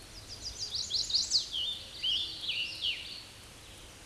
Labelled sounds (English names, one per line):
Scarlet Tanager song